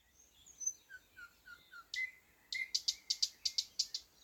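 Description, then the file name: Thrush nightingale song: a few soft whistles, then a fast run of loud knocking clicks. "thrush nightingale - luscinia luscinia"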